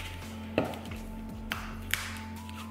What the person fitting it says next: there we go i heard some snaps there